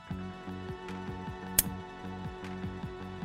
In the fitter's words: Each cable should be inserted until it clicks.